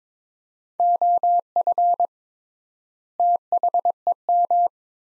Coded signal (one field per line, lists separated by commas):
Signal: Morse code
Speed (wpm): 22 wpm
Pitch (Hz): 700 Hz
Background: none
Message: OF THEM